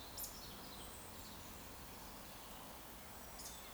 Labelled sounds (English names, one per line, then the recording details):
Eurasian Woodcock whistle
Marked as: whistle, whistle
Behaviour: display flight
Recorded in Baden-Württemberg, Germany, on 14 June 2021 at 19:46 UTC
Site 46435, 986 m above sea level